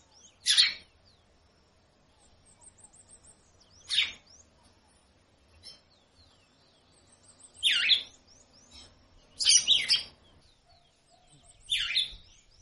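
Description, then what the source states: Red-cowled cardinal calling with loud, harsh chirps at irregular intervals, with faint, thin, high notes in the background. Female calling a great deal, to warm up a female.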